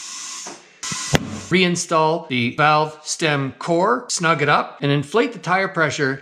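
A tire bead is seated onto a wheel rim by air jets on a tire changer that inflate the tire. A hissing rush of air is heard, then a pop at 0.8 s and a sharp pop at 1.2 s as both beads seat. Then someone talks.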